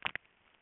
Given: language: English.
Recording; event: throat vibration sensor signal played as sound; swallow